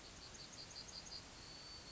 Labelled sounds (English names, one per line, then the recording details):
Yellowhammer song
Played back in forest
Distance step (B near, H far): G
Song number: 138